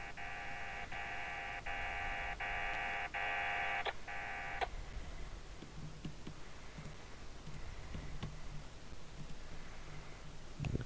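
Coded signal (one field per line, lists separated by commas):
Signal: HF data modem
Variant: VARA FM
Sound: dense buzzy multi-tone data burst, broken by brief gaps, for about 4.7 seconds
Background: radio hiss, room noise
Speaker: Let's try and auto tune again with the server.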